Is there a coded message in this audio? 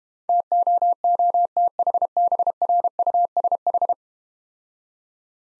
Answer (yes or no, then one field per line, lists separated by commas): yes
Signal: Morse code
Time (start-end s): 0.3-3.9 s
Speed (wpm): 31 wpm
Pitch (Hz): 700 Hz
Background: none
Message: TOOTHBRUSH